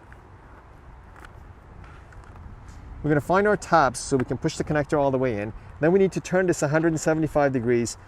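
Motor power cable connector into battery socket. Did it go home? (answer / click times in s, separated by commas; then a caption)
no / none. During a Bixpy J-2 transom adapter installation, the motor power cable connector is lined up and fitted onto the battery socket's connector pins, ready to be pushed fully in and turned 175 degrees. Faint handling taps come at about 0.1, 1.2 and 2.1–2.4 s, then someone talks from about 3 s to the end. The connector has not been pushed in or turned yet, and nothing has clicked or locked.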